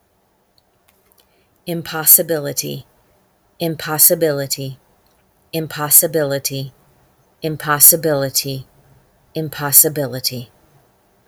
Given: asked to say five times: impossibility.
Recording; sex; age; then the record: repeated word; female; 50 to 59 years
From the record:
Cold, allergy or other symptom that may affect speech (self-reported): no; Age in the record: 51 years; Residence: Arizona, United States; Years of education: 14